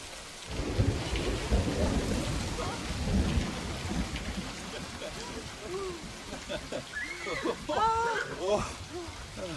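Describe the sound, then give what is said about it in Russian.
Steady rain hisses throughout while deep thunder rolls and rumbles in the first few seconds. Indistinct voices rise faintly over the downpour toward the end. “дождик этот не кстати пошел.”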